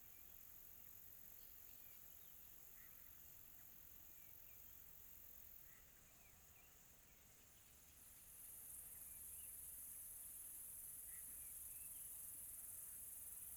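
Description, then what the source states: Crickets giving a steady, high, shimmering trill that runs throughout, with a few faint, soft chirps beneath and a low background hum. Quiet tropical night.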